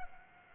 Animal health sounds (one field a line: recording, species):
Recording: mosquito wingbeat signal from an infrared sensor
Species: Aedes aegypti